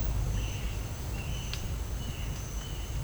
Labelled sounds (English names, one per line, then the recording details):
none
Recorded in dense forest near Puerto Asís, Putumayo, Colombia, on 20 December 2024 at 09:30
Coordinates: 0.481, -76.323
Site G100